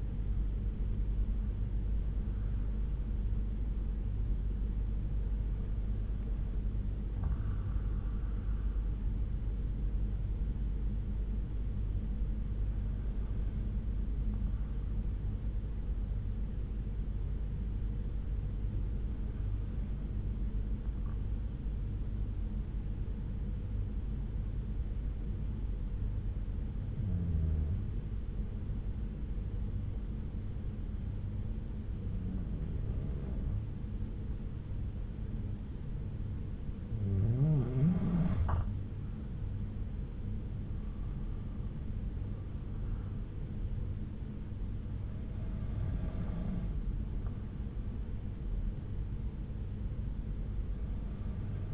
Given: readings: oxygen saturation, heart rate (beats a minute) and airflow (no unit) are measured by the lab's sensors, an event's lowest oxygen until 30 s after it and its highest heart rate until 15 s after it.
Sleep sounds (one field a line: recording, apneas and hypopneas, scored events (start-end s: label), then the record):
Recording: breathing in sleep by a smartphone at the bedside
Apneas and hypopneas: 1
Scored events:
11.00-36.00 s: hypopnea (N2, oxygen 95% highest, then 90% lowest)
38.00-51.74 s: new sleep stage, N1 (lightest sleep)
From the record:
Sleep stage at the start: N2 (light sleep)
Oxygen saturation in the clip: 91 to 95%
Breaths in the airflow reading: 9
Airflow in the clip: -6.4 to 5.5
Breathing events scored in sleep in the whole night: 368 in 8.0 hours asleep